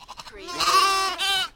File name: Lamb bleating